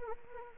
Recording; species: mosquito wingbeat signal from an infrared sensor; Anopheles arabiensis